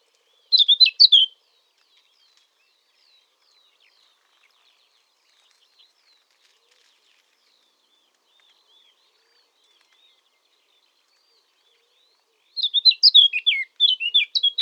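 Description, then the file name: Eurasian blackcap giving a short, fast burst of high, varied chirping notes, silence for about eleven seconds, then a longer scratchy warbled phrase. "Sylvia atricapilla"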